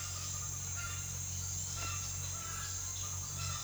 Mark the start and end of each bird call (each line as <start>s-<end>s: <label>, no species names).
0.00s-3.64s: bird call